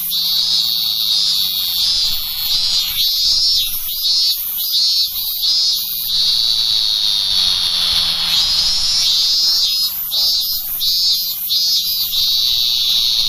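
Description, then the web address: Robust cicada song: loud, high buzzing pulses repeated in quick succession, merging briefly into a steady drone midway, with a faint low hum beneath. "sikioto insect minminzemi"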